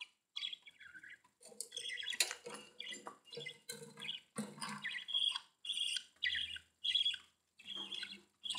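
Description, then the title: Budgerigar warbling chatter, a steady mix of squeaky notes and buzzy chirps. "Budgie Sounds"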